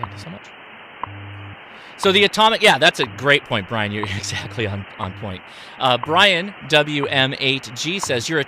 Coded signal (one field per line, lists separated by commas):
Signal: radio time signal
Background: speech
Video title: Can We Pass The Scout (Ham) Radio Merit Badge? Part 1